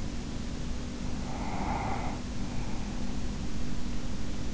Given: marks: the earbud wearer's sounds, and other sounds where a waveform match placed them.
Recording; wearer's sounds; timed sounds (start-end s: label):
sounds in sleep by an in-ear microphone; breath
0.96-3.51 s: breath